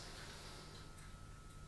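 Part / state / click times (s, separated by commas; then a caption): inhaler mouthpiece closing onto the capsule chamber base / not seated / none. The plastic mouthpiece of a Spiriva HandiHaler dry-powder inhaler is being closed down onto its base over the capsule chamber, after a capsule has been dropped in. Only a steady low hum with a faint high tone and a couple of soft, faint ticks is heard. Nothing has latched or clicked yet.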